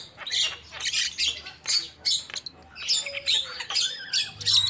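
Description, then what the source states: Lovebird squawks and shrill chatter in uneven bursts, harsh high notes coming in quick clusters with short pauses between. Lovebird calls used as a lure for trapping birds.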